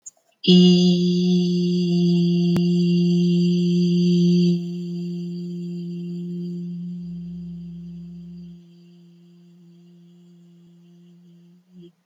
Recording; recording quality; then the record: sustained vowel as in beet; excellent, no background noise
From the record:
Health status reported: healthy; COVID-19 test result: negative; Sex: female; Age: 35 years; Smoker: yes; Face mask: not worn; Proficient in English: yes